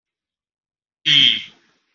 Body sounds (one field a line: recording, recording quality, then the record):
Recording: sustained vowel as in made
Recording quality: poor, much background noise or distortion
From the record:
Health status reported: COVID-19 positive, mild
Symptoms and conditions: cough, cold, fever, loss of smell and taste, asthma, chronic lung disease, pneumonia, hypertension, diabetes, ischaemic heart disease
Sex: male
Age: 40 years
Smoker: yes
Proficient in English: yes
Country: India